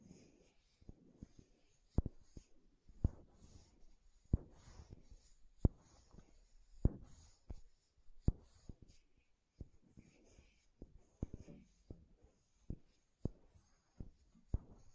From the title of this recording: MAKEUP TAPPING & SCRATCHING